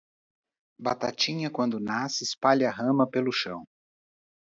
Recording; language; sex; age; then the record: short text; Brazilian Portuguese; male; 40 to 49 years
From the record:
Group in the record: control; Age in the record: 49 years